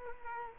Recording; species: mosquito wingbeat signal from an infrared sensor; Culex quinquefasciatus